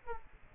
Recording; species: mosquito wingbeat signal from an infrared sensor; Aedes aegypti